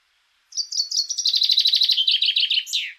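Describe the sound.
Common chaffinch song: a quick run of bright notes dropping gradually in pitch, speeding into a rattling series and ending in a sharp downward flourish.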